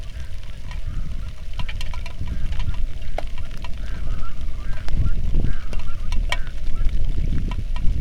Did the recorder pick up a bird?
yes